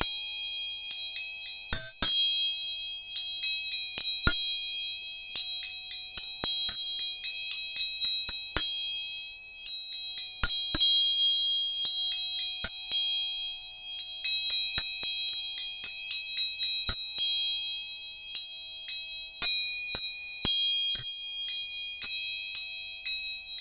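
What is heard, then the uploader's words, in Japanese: Tuning forks are struck again and again in quick, bright metallic pings over a steady high ringing tone, with brief pauses between bursts. 音叉チューニング。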